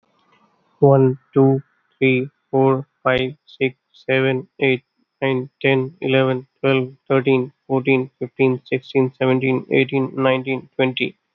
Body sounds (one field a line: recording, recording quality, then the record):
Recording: counting at a normal pace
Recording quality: excellent, no background noise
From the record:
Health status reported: healthy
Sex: male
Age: 36 years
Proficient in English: yes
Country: India